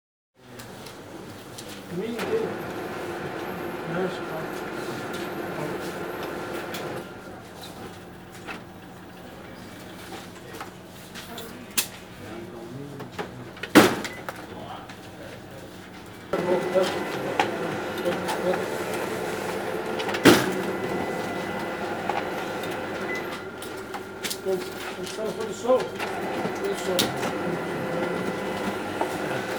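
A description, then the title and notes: A copy machine runs with a steady mechanical whir, pausing quieter around seven to sixteen seconds, punctuated by sharp clicks and clacks. The sound of a copy machine marks office and business space. It was the Western Union depot.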